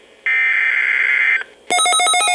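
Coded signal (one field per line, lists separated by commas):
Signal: Emergency Alert System (SAME) tones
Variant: header bursts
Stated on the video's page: Required Weekly Test from NOAA weather radio transmitter WXK83A in Sebring, Florida.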